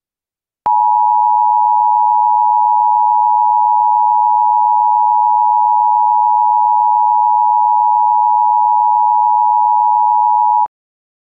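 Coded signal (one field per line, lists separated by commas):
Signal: Emergency Alert System (SAME) tones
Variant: 853 and 960 Hz attention tone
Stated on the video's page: Fictional EAS scenario about a Las Vegas fire, a simulated alert.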